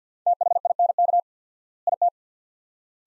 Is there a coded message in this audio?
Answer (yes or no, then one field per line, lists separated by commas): yes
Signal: Morse code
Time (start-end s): 0.3-2.1 s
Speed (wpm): 50 wpm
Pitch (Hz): 700 Hz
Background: none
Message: THINK IT